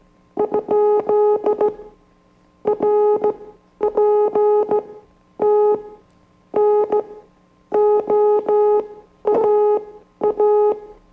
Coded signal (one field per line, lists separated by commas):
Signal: Morse code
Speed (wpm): 15 wpm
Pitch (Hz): 420 Hz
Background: music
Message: ? RPT NOAA